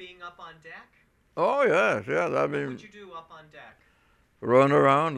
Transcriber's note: none